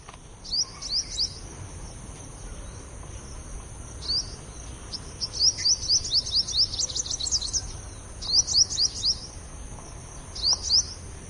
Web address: purple nectar birdsong sound